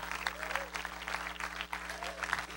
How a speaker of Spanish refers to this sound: No hay mucho aplauso, ¿verdad que no? No.